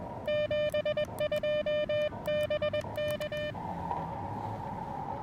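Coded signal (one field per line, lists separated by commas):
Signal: Morse code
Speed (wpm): 21 wpm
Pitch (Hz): 590 Hz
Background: music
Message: 72 BK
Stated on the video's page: POTA park activation with challenging propagation, Elecraft KX2 keyed with KXPD2 paddles, homebrew end-fed random wire antenna.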